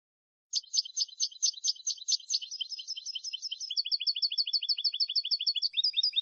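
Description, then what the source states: European goldfinch song: a long continuous stream of fast twittering notes, changing syllable type partway through, bright and high-pitched throughout. Clean goldfinch song from a CD, for copying in song training.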